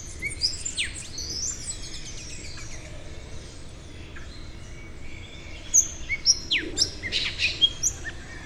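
Bird chirping: scattered high tweets early on, then a livelier burst of sharp chirps and descending whistles near the end, over steady low background noise.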